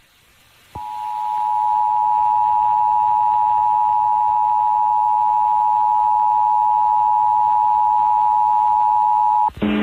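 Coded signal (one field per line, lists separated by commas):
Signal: Emergency Alert System (SAME) tones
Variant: 853 and 960 Hz attention tone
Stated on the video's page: Connecticut monthly test on an FM station at 101.3 MHz, 12 kW, received via SDR.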